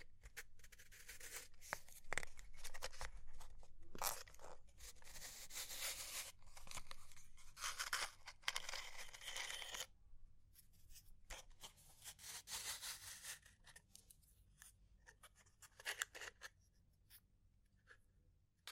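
Crackling fire with dense, bright scratchy rustling through the first ten seconds, broken by sharp snaps and pops. After a brief lull near ten seconds the crackle returns in bursts, then thins out to sparse, quieter pops and taps toward the end.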